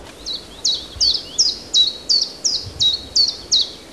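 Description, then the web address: Common Chiffchaff giving a repeated high, downslurred "hweet" call about every 0.4 seconds, steady and clear. "phylloscopus collybita call"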